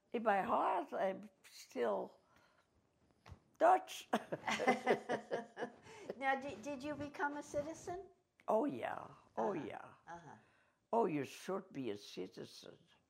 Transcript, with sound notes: In my heart, I'm still Dutch (both laugh)
Now did, did you become a citizen?
Oh, yeah. Oh, yeah. Oh, you should be a citizen.